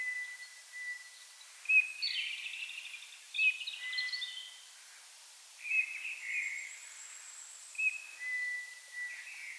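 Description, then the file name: Eurasian bullfinch calls: soft, level piping whistles given singly every second or two, among higher twittering and a thin drawn-out whistle from other birds. "Pyrrhula pyrrhula"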